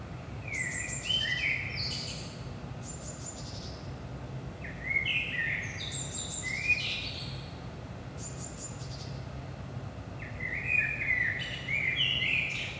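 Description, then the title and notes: Common blackbird delivering several phrases of mellow whistles mixed with shrill high chirps, spaced by pauses, over a low steady background hum. Recorded in Saint-Gilles, Belgium, at 5 am in the early morning; DPA 4060 microphones in AB position into a Zoom F3 recorder. "Saint-Gilles, Belgique - 5am Blackbird. Blackbird in the morning. Merle au petit matin"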